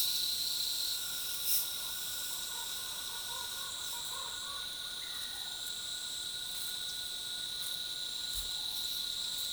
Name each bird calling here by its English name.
none